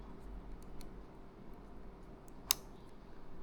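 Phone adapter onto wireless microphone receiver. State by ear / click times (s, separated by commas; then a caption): seated / 2.5 s. A phone adapter for a DJI Mic Mini (2025) is lined up orange arrow to gray arrow and pushed onto the wireless microphone receiver. After a few faint ticks over a low background hum, a single sharp, bright click sounds at 2.5 s. The adapter is seated on the receiver.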